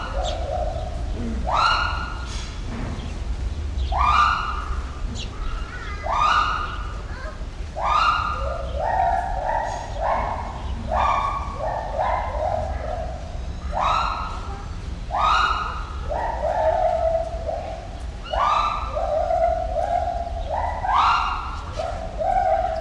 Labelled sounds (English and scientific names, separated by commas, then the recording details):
Pileated Gibbon (Hylobates pileatus)
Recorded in captivity
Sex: pair
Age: adult
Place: Zoo Berlin, Berlin, DE
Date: 1993-07-17 10:57
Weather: 20-22 °C, heiter-wolkig
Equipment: Marantz CP 430, Sennheiser ME 80, Kopie Uher Variocord 263
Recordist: Tembrock, Günter